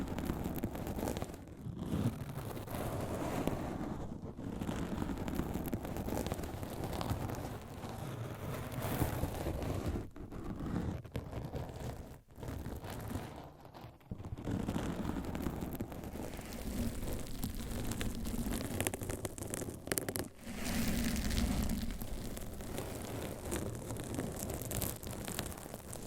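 Scratching and tapping sounds fill the clip in a dense, continuous rustle, with a rough, grainy texture that sounds almost like rain on a surface. Brief gaps break it near 2, 4, 10, 12 and 14 seconds, and a fuller, louder stretch comes around 21 seconds.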